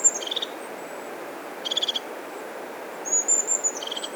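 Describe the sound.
Bird song: brief buzzy pulsed bursts alternating with thin, very high whistles, three bursts over steady background hiss.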